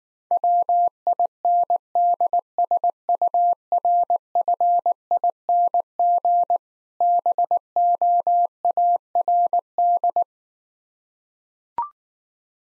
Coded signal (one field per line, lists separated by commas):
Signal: Morse code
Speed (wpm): 19 wpm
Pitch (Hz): 700 Hz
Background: none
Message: WINDSURFING BOARD